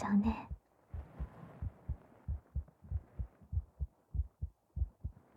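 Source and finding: Heart. Normal heartbeat.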